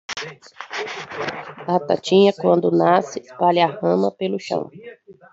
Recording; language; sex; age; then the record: short text; Brazilian Portuguese; female; 30 to 39 years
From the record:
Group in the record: control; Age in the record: 37 years